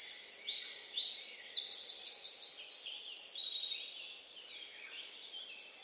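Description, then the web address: Bird chirps: loud runs of quick, falling high notes and short trills for four seconds, then only faint chirping. "Deverinetal 2025 File origin Bird Only"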